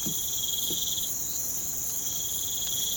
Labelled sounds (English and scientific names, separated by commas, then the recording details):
none
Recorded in pastures near Puerto Asís, Putumayo, Colombia, on 25 June 2025 at 04:00
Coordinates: 0.472, -76.331
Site G095